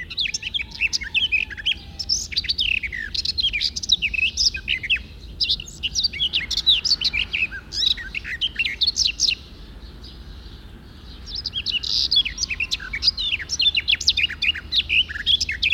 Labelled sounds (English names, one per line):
Garden Warbler song